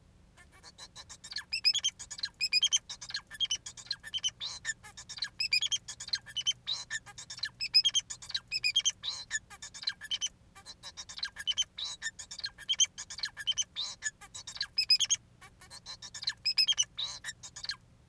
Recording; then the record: song of a male Bengalese finch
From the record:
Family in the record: son of father 4